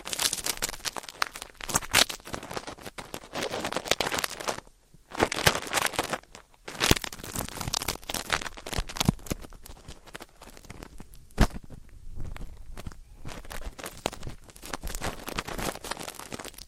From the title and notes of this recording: ASMR 자극주의 따끔따끔 3dio 귀청소 | ear cleaning.